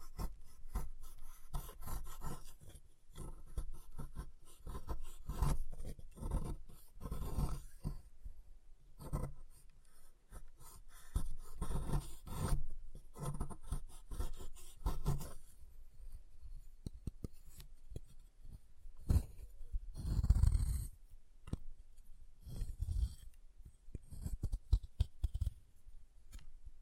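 Chalk is carved and cut in short scraping strokes with scratchy, crumbly edges and a soft low thump beneath each pass. The strokes come in irregular clusters throughout, with brief pauses near 8 and 16 seconds and a heavier knock around 20 seconds.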